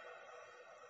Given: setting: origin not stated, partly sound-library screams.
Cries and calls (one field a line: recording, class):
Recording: one-second piece from a danger detection set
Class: woman in danger